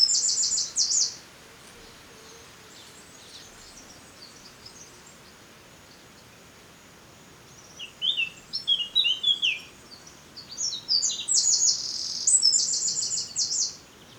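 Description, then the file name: Eurasian wren: a brief high trill at the start, a long quiet gap, then scattered high notes building into a loud, rapid, ringing trill. "Troglodytes troglodytes"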